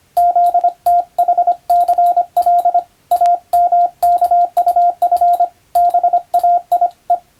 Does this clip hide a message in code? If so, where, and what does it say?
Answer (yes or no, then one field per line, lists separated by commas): yes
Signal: Morse code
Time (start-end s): 0.2-7.1 s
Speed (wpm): 25 wpm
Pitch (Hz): 700 Hz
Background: radio noise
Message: ZTHCL AMKUF BAIE